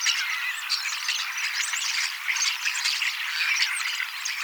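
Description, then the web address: Common starlings chattering in a thick babble of squeaks, whistles and clicks, unbroken throughout. Young birds, 18 October 2024, practising song and mimicking several species a little. "paivat 18 10 2024 kasittaakseni kottaraisnuoret laulavat lauluharjoittelevat useita lajeja matkivat hiukan"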